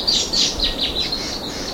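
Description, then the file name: Bird making short, high chirps repeated about every quarter second in a brief burst, with faint hiss beneath. "SABIOD 50 bird 2015"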